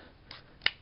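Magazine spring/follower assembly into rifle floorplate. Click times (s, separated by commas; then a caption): 0.7 s. During reassembly of a Mosin Nagant bolt-action rifle, a metal magazine spring and follower assembly, with its separator on the bottom, is slid down into the rifle floorplate until its retention tabs pop into place. A faint tick at 0.3 s is followed by a sharp, bright little click at 0.7 s. The assembly is seated in place.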